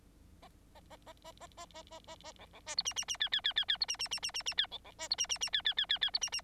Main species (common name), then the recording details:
Bengalese Finch. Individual Bird9